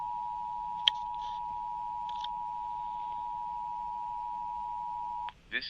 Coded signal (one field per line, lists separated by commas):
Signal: Emergency Alert System (SAME) tones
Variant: 853 and 960 Hz attention tone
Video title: ON THIS EPISODE OF "MORE FAILS TO EXPERIENCE"... EAS Tests from February 2025 (EAS #5,506 - 5,560)